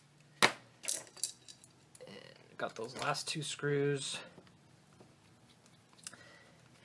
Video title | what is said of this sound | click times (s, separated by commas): Panasonic KX-TGA552 Keypad Button Repair | at the top and get that kind of lined up and then the whole thing should snap in place | 0.4 s, 0.9 s, 1.2 s